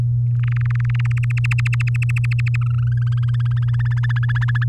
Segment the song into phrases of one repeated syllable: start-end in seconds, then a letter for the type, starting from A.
0.39-1.39 A, 1.44-2.56 B, 2.61-3.88 C, 3.91-4.64 D